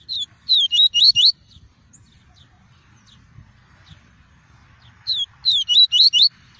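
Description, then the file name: Double-collared seedeater song: two short bursts of rapid, high, slurred twittering notes separated by a pause, with faint low background rumble. "Tui-tui" song variety. "canto do papa capim tui tui"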